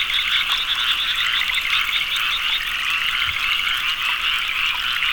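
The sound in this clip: Frogs calling in a dense chorus, overlapping rapid pulsed croaks forming a continuous high trill that never pauses.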